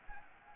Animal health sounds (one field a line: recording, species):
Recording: mosquito wingbeat signal from an infrared sensor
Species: Anopheles gambiae